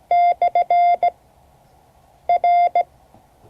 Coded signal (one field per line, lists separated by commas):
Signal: Morse code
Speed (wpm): 16 wpm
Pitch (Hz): 690 Hz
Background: none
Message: /R